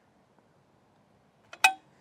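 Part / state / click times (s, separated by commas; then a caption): folding upper mast of a hitch-mounted bike rack locking into its pivot / seated / 1.7 s. The folding upper mast of a hanging-style Benton ShiftShow hitch-mounted bike rack on a 2020 Ford F-150 is lowered after its top pin and lever are pulled. The clip is quiet until a faint tick at about 1.5 s, then a sharp metallic click at about 1.7 s. The mast locks into its pivot and is seated.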